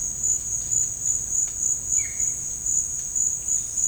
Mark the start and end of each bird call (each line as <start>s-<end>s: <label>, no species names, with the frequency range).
1.87s-2.19s: bird call (1.0-4.7 kHz)